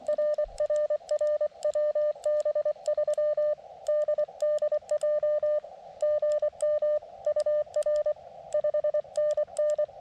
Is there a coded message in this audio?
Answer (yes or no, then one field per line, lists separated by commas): yes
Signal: Morse code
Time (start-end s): 0.1-9.8 s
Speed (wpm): 23 wpm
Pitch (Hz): 600 Hz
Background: none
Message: RRR WB3DDJ GM UR 5NN